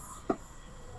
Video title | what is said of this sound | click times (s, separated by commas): Ford Ecosport - shifter knob installation ( kinalas ko pa ang panel,pwede naman pala na hindi na ) | Ayun. Ganun lang. Okay na 'yan. Ayan, nag-lock na. | 0.3 s